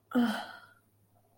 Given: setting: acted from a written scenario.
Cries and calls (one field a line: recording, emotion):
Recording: vocal sound without words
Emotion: romantic love